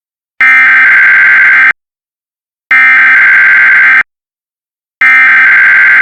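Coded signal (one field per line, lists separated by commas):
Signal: Emergency Alert System (SAME) tones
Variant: header bursts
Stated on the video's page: Mock EAS alert tones made for a fictional contagious disease scenario, not a real alert.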